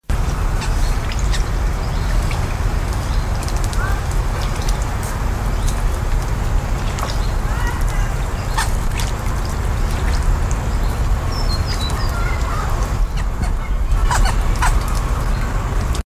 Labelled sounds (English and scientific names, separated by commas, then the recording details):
Glossy Ibis (Plegadis falcinellus) call
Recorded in captivity
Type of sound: call
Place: Zoo Osnabrück, Niedersachsen, DE
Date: 1991-09-09 12:10
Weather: overcast, 13°C
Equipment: Marantz CP 430, Kopie Tesla B 116
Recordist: Tembrock, Günter
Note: Roter Sichler, am Futter: Kurzlaute